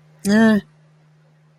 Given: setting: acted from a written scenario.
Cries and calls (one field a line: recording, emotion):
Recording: vocal sound without words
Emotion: neutral